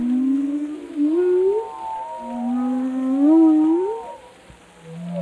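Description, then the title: Whale moans that glide slowly upward in two long phrases, with higher wavering tones above and a low hum at the end. "Whale Tales: Discovering the Stories Behind the Sounds"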